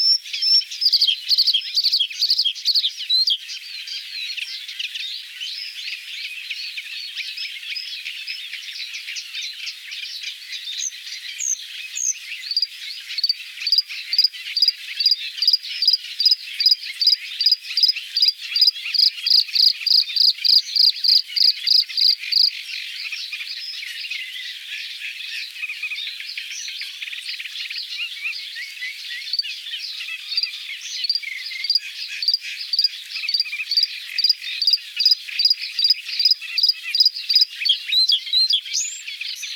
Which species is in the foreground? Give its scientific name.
Luscinia svecica